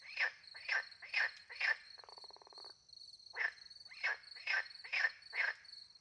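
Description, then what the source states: Frogs calling in quick runs of short croaks, about two per second, with a brief buzzy rattle midway and a high cricket trill behind. Frogs with crickets at night in the countryside by a little pond, France; microphones hidden in a tree near the pond; two Usi pro microphones into a Mixpre 10 II recorder.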